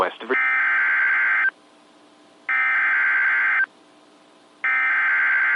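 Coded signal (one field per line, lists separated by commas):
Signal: Emergency Alert System (SAME) tones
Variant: header bursts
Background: speech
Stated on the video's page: Weather radio alerts received from NOAA stations in Miamisburg Ohio, Pittsburgh Pennsylvania and Chicago Illinois.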